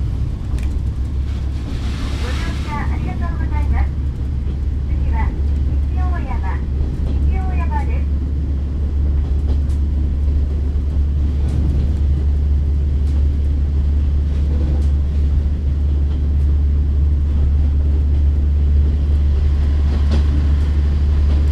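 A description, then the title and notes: Inside a train car, a steady low rumble runs throughout, with a few brief voice-like chirps between two and eight seconds. 指宿枕崎線 5321D（キハ140-2061）大山-西大山. This is the JR Kyushu Ibusukimakurazaki Line, which runs at the southernmost tip of the JR Line. The sound inside the train heading to Nishi-Oyama Station.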